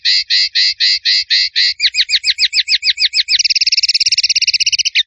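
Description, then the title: Bird song of rapid, evenly spaced chirps that shift to hooked notes and then to a long, fast buzzy trill. Bird singing energetically (gacor), Indonesia. "Masteran Burung Tembakan Gacor"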